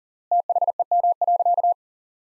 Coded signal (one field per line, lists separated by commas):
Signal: Morse code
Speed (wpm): 40 wpm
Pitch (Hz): 700 Hz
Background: none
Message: THEM.